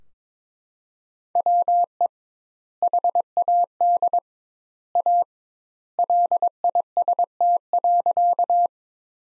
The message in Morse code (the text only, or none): WE HAD A LIST.